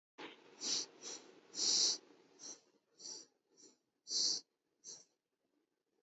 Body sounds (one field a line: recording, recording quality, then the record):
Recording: shallow breathing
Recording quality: excellent, no background noise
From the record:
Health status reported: healthy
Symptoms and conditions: none ticked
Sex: male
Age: 30 years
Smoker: yes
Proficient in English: yes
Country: India